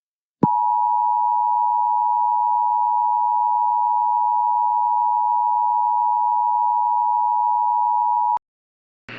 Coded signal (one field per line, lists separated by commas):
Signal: Emergency Alert System (SAME) tones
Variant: 853 and 960 Hz attention tone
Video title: EAS | Flash Flood Emergency in Hattiesburg, MS